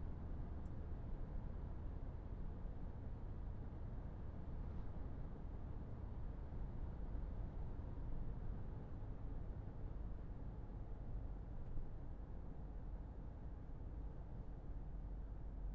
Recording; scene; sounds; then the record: everyday scene through a hearing-aid microphone; in a vehicle; engine, traffic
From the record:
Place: Berlingo II, diesel engine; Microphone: behind the ear, left, rear